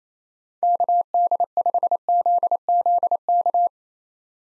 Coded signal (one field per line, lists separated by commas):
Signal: Morse code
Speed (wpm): 29 wpm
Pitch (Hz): 700 Hz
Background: none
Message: KD5ZZK